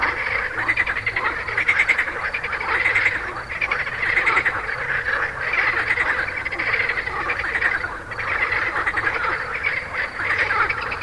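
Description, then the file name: Frog chorus of many pulsed, rattling croaks overlapping continuously, swelling in waves. "grenouilles"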